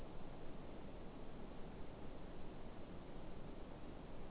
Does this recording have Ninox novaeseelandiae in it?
no